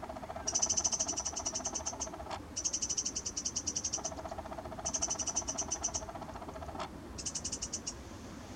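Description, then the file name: Eurasian wren producing long, fast, high rattling call series, with a lower pulsing buzz running beneath some bursts. "Troglodytes troglodytes"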